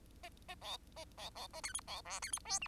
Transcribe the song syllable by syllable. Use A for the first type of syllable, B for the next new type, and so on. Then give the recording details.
A A B A B B A C D B E C D F G. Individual Bird10